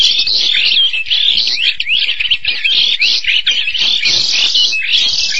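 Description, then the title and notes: Starling singing a fast medley of squeaky whistled slurs, rising and falling, mixed with harsh clicking chatter throughout. "suara burung jalak"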